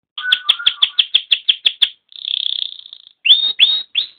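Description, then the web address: Canary song: about ten quick, evenly repeated notes, then a steady buzzy trill, and finally a few sharp rising chirps. "Bird Songs Canary"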